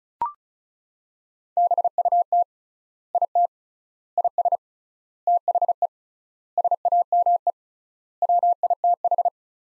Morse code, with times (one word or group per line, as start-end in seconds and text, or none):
1.6-2.4 BUT
3.1-3.5 IT
4.2-4.6 IS
5.3-5.9 THE
6.6-7.5 SAME
8.2-9.3 WITH